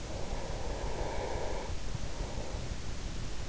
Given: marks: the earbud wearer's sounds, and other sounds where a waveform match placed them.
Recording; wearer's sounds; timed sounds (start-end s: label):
sounds in sleep by an in-ear microphone; breath
0.21-3.43 s: breath